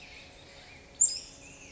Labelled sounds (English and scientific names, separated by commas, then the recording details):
Black-headed Grosbeak (Pheucticus melanocephalus)
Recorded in Sonoma County, California